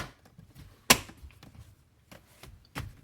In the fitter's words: snaps back into place and